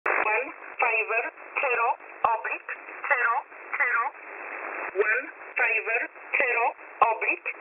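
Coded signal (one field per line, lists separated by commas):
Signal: numbers station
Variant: E11 Oblique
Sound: a voice reads about ten short, evenly spaced words over narrowband shortwave audio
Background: radio static, clicks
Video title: E11 Oblique 25/10/2022 0845 UTC 13908kHz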